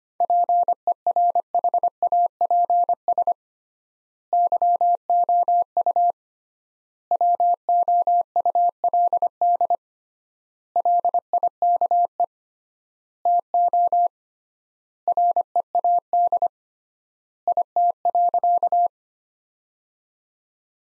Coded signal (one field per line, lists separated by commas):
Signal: Morse code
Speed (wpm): 25 wpm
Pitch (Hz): 700 Hz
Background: none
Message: PERHAPS YOU WOULD LIKE TO READ IT.